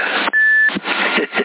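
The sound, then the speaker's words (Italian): A CB radio roger beep in Sassari: one steady, mid-high electronic tone lasting under half a second, set against hissy, narrow-band radio static that crackles and surges before and after it. “Adesso ho tolto tutto, anche il bip, aspetta, tutto a menù qua, vai in ora buona.”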